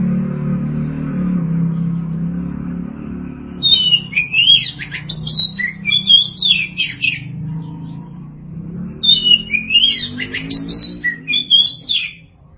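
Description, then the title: Oriental magpie-robin song: two bursts of varied high chirping phrases over a steady low droning background. Birdsong (kicauan). "Suara Kicauan Burung Kacer Durasi Panjang"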